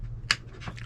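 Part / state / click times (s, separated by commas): wiring socket into the back of a 12 V water level gauge / seated / 0.3 s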